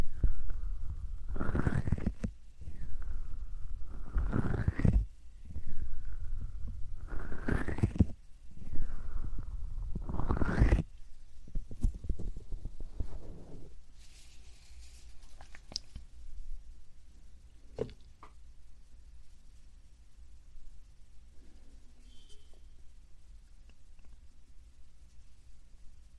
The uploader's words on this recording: 말없이 3가지의 퍼프로 귀를 토닥토닥 해드려요 puff sound.